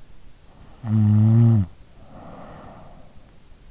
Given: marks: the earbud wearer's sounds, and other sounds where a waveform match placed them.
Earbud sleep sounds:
sounds in sleep by an in-ear microphone; snoring breath
0.67-3.22 s: snoring breath

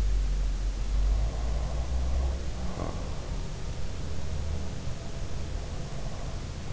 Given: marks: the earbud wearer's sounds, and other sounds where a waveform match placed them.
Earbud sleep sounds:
sounds in sleep by an in-ear microphone; snoring breath
0.80-3.42 s: snoring breath

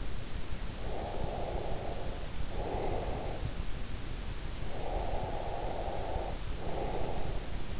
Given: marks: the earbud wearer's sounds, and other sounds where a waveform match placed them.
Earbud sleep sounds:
sounds in sleep by an in-ear microphone; breath
0.62-3.75 s: breath
4.49-7.80 s: breath

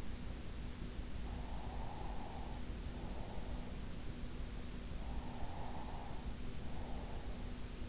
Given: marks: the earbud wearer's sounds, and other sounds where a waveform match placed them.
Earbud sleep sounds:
sounds in sleep by an in-ear microphone; breath
0.88-3.88 s: breath
5.37-7.88 s: breath

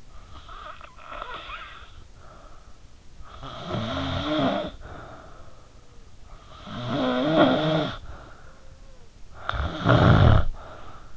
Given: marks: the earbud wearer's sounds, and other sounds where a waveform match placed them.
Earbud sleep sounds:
sounds in sleep by an in-ear microphone; snoring breath
0.00-2.92 s: snoring breath
3.38-5.72 s: snoring breath
6.50-8.84 s: snoring breath
9.45-11.17 s: snoring breath

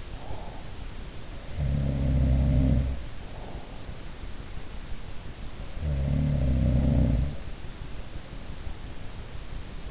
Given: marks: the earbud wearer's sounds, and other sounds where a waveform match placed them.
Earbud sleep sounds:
sounds in sleep by an in-ear microphone; breath
0.00-1.03 s: breath
1.26-3.99 s: sound from someone else or the room
5.46-7.58 s: sound from someone else or the room

